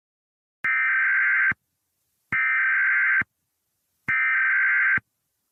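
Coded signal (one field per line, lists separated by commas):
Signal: Emergency Alert System (SAME) tones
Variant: header bursts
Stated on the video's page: Fictional EAS scenario, simulated alert that may or may not contain valid EAS tones.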